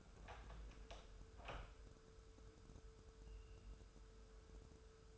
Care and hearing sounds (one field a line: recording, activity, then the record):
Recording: daily activity, microphone in the room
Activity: open door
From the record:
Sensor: 2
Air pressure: 1015.1 hPa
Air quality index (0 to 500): 117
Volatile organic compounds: 3 ppm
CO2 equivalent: 1493 ppm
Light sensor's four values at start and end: 13/35/14/15 and 13/35/14/15